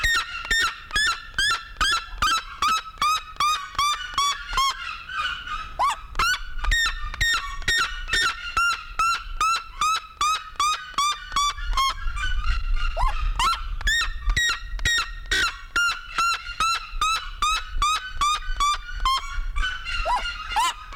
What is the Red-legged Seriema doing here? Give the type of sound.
call